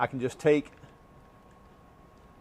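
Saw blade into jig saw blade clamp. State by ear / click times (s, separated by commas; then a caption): not seated / none. A metal jigsaw blade is picked up and lined up with the tool-free blade clamp of a RIDGID R86346B 18V sub compact barrel grip jig saw, ready for insertion. Someone talks briefly over a faint handling sound, followed by a quiet background with a steady low tone. The blade has not yet been inserted, and nothing has seated or clicked yet.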